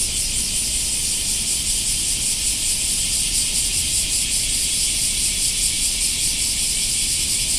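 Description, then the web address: Cicada call: a steady, high, grating buzz with quick rhythmic pulses, unbroken from start to finish, with faint low rumble beneath. "sound nature cicadas"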